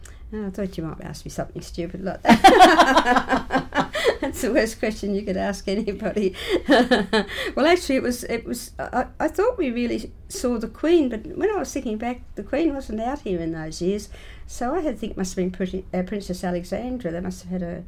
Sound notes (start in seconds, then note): 2.3 laughs; 6.4 laughs